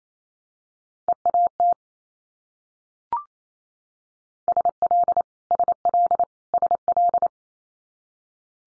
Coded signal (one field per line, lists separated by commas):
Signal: Morse code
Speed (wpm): 28 wpm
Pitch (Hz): 700 Hz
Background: none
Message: EAT SL SL SL